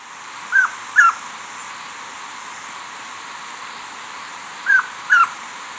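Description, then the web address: Tawny antpitta calls: two quick whistled notes, a long pause, then another matching pair, with quiet background hiss. Recorded in Ecuador. "Birds of Ecuador 2. Tawny Antpitta"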